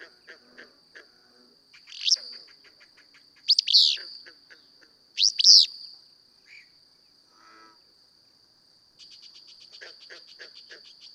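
Willow flycatcher singing three sneezy, buzzy phrases spaced over a few seconds, then a rapid series of thin ticking notes, over a steady high-pitched insect hum.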